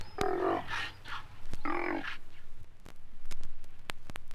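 Sea lion barking in two harsh, harmonic bursts over the first two seconds, followed by a low background hum with sharp clicks.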